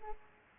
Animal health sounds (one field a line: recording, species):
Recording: mosquito wingbeat signal from an infrared sensor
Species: Culex pipiens